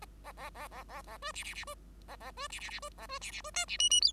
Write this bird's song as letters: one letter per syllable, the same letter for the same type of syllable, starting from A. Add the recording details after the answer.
A A A A A A B C C C B A A B C C C B A B C C B D C E E F. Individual Bird5